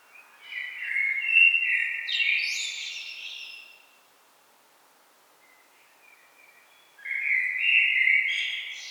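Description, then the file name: Common blackbird song: a long warbled phrase of fluted notes with high chattering flourishes, silence for about three seconds, then another mellow phrase begins. "Turdus merula"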